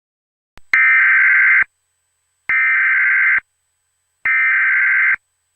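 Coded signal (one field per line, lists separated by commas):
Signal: Emergency Alert System (SAME) tones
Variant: header bursts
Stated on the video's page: Fictional EAS scenario.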